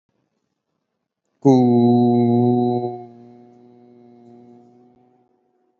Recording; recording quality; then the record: sustained vowel as in boot; excellent, no background noise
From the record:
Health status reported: exposed to COVID-19, no respiratory illness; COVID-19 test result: negative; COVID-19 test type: RT-PCR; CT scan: not taken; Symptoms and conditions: none ticked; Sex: male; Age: 22 years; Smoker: no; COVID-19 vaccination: one dose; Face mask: worn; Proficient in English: yes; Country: India